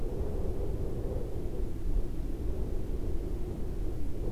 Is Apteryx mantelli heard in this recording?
no